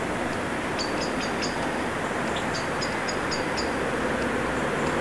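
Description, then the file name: Common blackbird calls as thin, high metallic ticks in fast series of four or five, heard twice, with loud constant rushing noise underneath throughout. "Turdus merula"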